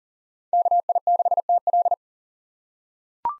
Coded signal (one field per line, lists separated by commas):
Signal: Morse code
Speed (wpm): 40 wpm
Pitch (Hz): 700 Hz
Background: none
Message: KI6TL